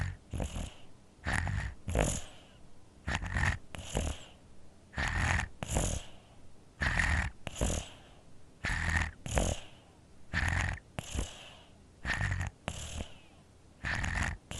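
A sleeping infant with a cold snores in quick, snuffly breaths, about 33 a minute, with a whistling nasal edge from a congested nose.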